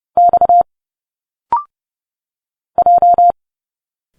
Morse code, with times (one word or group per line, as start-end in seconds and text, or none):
0.2-0.6 X
2.8-3.3 J